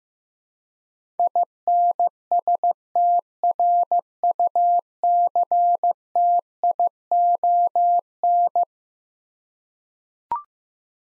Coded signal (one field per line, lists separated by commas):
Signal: Morse code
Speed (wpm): 15 wpm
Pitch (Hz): 700 Hz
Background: none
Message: INSTRUCTION